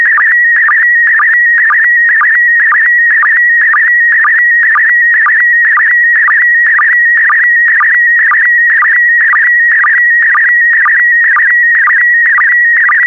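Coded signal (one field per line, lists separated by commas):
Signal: SSTV (slow-scan television)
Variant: PD120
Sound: steady warbling high tone broken by short low blips about twice a second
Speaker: transmission complete you can now check your decoded image against the picture that is shown on the video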